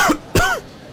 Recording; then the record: coughing mixed with background sound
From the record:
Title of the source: Coughing 51